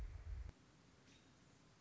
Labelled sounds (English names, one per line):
American Robin